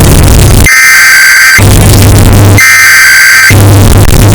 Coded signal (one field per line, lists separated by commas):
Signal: Emergency Alert System (SAME) tones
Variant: header bursts